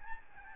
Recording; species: mosquito wingbeat signal from an infrared sensor; Aedes albopictus